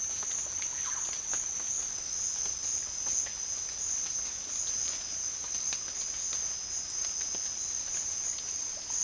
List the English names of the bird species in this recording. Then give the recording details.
Russet-backed Oropendola. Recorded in pastures near Puerto Asís, Putumayo, Colombia, on 29 June 2025 at 14:00. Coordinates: 0.502, -76.324. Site G010